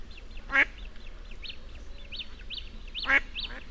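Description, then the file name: Mallard quacking twice, short harsh notes two and a half seconds apart, against continuous high twittering of other birds and low background noise. "Canard colvert"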